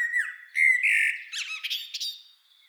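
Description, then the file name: Common blackbird calling with warbled, squeaky notes that rise into a brief harsh chatter before trailing off. "Turdus merula"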